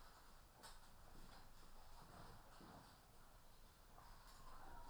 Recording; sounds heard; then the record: poultry house recording; healthy chickens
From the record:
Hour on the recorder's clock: 13